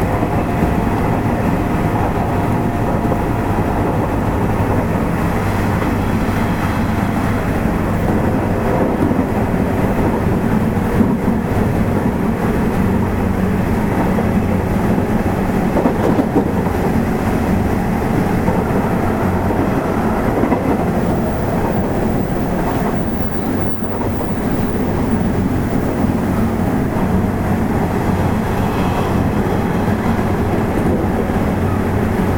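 A Nishitetsu 8000 series train runs at a steady, dense rumble with faint wheel clatter, the low roar barely changing for the whole half minute.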